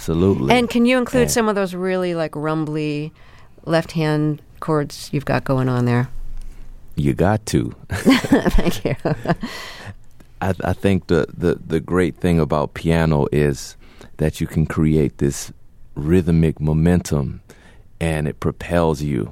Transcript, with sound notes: And can you include some of those really, like, rumbly left-hand chords you've got going on there?
You got to.
(LAUGHTER)
Thank you.
I think the great thing about piano is that you can create this rhythmic momentum, and it propels you.